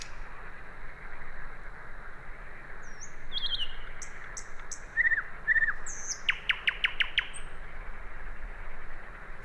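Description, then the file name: Common nightingale phrases: high whistled slurs, two mid-pitched warbled notes, then a loud run of five or six evenly spaced clicking pulses, over background hum. "Luscinia megarhynchos"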